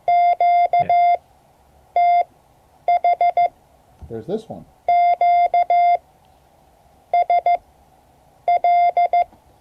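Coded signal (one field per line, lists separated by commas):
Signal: Morse code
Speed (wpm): 15 wpm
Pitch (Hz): 700 Hz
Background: speech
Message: QTH QSL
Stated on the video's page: Morse code class lesson, part 3 of 12.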